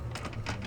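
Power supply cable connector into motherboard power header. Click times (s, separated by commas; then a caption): 0.1 s. A plastic latching power supply cable connector is pushed into its motherboard power header, making short ratchet-like clicks. It snaps into place at 0.1 s and is seated, with further smaller clicks at about 0.3 s and 0.7 s.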